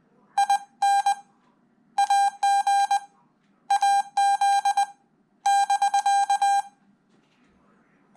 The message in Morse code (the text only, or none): IN AG AZ <BK>